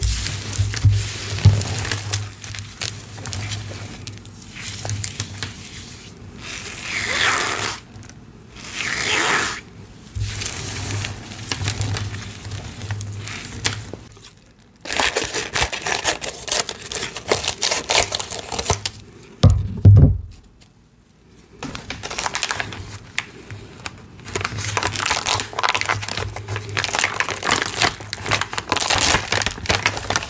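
Powdery chalk and cornstarch-coated shells are crushed and crumbled in dense, crackly bursts of fine crinkling and gritty rustle. The activity comes in uneven waves with short pauses near 7, 10, 14 and 21 seconds. A low hum and a few soft thumps sit underneath.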